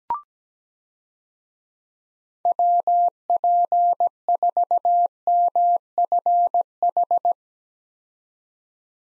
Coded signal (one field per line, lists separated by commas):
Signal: Morse code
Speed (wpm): 17 wpm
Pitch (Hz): 700 Hz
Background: none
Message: WP4MFH